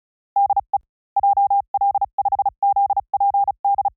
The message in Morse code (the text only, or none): DE JL5ZPD